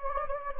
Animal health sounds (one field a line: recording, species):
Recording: mosquito wingbeat signal from an infrared sensor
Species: Anopheles gambiae